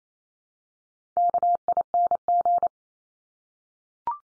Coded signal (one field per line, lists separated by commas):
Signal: Morse code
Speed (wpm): 28 wpm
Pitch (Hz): 700 Hz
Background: none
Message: KING